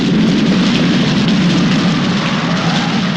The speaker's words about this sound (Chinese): 儿子，这可是下雨了啊！